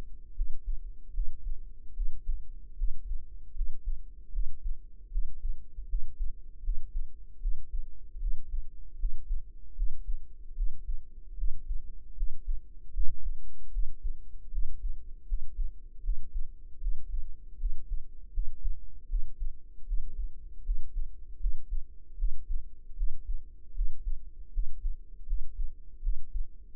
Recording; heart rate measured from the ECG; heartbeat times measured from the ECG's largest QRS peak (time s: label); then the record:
heart sounds by microphone in the right ear; 77 bpm
0.32 s: heartbeat
1.11 s: heartbeat
1.92 s: heartbeat
2.74 s: heartbeat
3.52 s: heartbeat
4.30 s: heartbeat
5.08 s: heartbeat
5.86 s: heartbeat
6.60 s: heartbeat
7.38 s: heartbeat
8.18 s: heartbeat
8.96 s: heartbeat
9.73 s: heartbeat
10.53 s: heartbeat
11.34 s: heartbeat
12.14 s: heartbeat
12.91 s: heartbeat
13.69 s: heartbeat
14.49 s: heartbeat
15.25 s: heartbeat
16.01 s: heartbeat
16.78 s: heartbeat
17.56 s: heartbeat
18.30 s: heartbeat
19.06 s: heartbeat
19.84 s: heartbeat
20.62 s: heartbeat
21.37 s: heartbeat
22.15 s: heartbeat
22.94 s: heartbeat
23.72 s: heartbeat
24.50 s: heartbeat
25.24 s: heartbeat
26.00 s: heartbeat
From the record:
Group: healthy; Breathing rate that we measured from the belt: 21 breaths a minute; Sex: female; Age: 22 years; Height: 160 cm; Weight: 45 kg